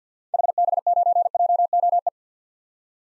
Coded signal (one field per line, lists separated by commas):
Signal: Morse code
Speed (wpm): 50 wpm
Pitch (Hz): 700 Hz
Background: none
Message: HB9JOE